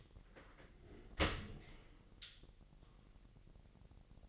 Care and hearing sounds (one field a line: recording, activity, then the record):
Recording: daily activity, microphone in the room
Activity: open dishwasher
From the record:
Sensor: 4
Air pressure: 1001.3 hPa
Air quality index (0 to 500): 248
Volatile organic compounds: 45 ppm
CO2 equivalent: 3232 ppm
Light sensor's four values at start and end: 8/18/7/6 and 8/18/7/6